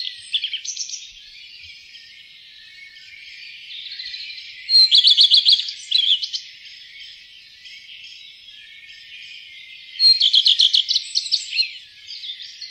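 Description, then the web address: Common redstart singing two brief phrases, each a quick series of high repeated notes followed by scratchy varied twittering, about five seconds apart, with quieter bird chatter around. "fuglelyder- roedstjert"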